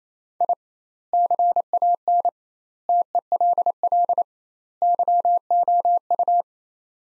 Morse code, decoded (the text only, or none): I CAN TELL YOU